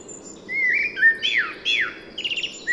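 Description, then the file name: Common blackbird singing a low warbled whistle, then two slurred, descending fluty notes and a brief high chattering flourish. "Turdus merula"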